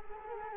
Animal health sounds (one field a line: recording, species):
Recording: mosquito wingbeat signal from an infrared sensor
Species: Culex quinquefasciatus